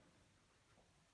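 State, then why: Not seated. A microphone cable's XLR connector is handled and pushed toward the mic one input socket on a mixer. Only a low, steady background hum is heard, with no distinct transients. Nothing has seated or clicked yet.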